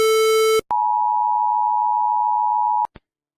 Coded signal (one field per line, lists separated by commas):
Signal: Emergency Alert System (SAME) tones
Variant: 853 and 960 Hz attention tone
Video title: Heeko, Sarah, Brix, Haiko, Hailo and Alexis with EAS Alarms in 60 Countries🌍🌎🌏